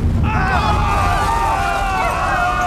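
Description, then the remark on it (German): A sudden loud blast of steam bursts out of a ship's forward funnel, where a faulty, jammed steam valve gave way under pressure, and keeps roaring, a dense rumbling hiss layered with shrill, wavering whistle tones that hold steady for a couple of seconds. “Als ich die ganze Länge des Schiffes nach Achtern geflohen war, hörte ich die Explosion.”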